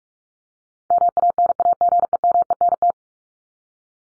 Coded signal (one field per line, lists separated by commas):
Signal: Morse code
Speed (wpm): 44 wpm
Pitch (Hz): 700 Hz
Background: none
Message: MANAGEMENT